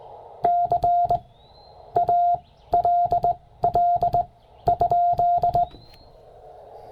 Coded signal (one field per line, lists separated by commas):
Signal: Morse code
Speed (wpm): 17 wpm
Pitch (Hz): 690 Hz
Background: none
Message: CALL?